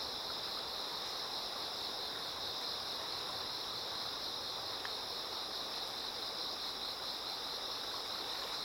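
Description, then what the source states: Continuous shrill insect chorus drones evenly throughout, blended with the broad hiss of flowing water. Insects singing in chorus beside a slowly flowing river.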